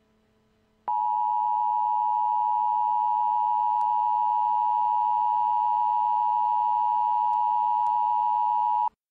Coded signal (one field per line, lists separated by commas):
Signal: Emergency Alert System (SAME) tones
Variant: 853 and 960 Hz attention tone